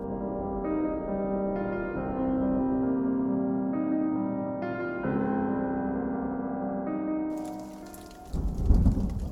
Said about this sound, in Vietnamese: Tiếng mưa rơi rả rích xuống hiên nhà, rồi dần dần mưa không còn nặng hạt như khi mới bắt đầu, mà chỉ còn lất phất bay, tựa như đang cố níu kéo chính mình thêm một lúc nữa, rồi sau đó mới ngừng hẳn.